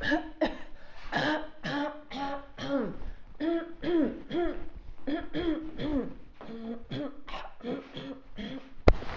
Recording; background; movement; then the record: throat clearing; quiet; walking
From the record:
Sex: female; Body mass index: 21.8 kg/m2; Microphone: on the chest, facing outward